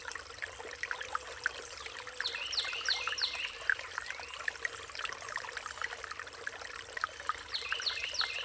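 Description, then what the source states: Songbird phrases of three or four quick, high, sliding notes, heard twice, with other chirps and a constant trickle of water. Riparian zone.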